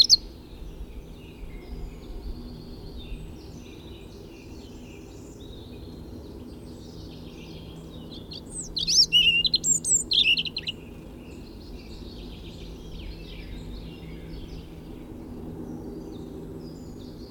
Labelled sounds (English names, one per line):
European Robin song